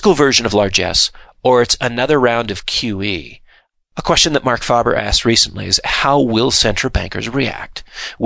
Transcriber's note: none